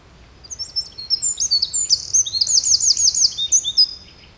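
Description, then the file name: Eurasian wren song: a bright torrent of high whistles and fast rattling trills, delivered continuously for about three and a half seconds. "Troglodytes troglodytes"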